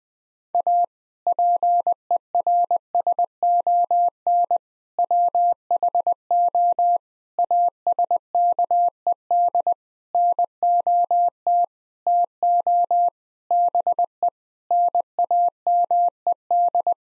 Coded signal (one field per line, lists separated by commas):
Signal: Morse code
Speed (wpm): 20 wpm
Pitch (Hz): 700 Hz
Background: none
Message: A PERSON WHO ASKED NOT TO BE NAMED